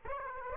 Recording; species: mosquito wingbeat signal from an infrared sensor; Aedes aegypti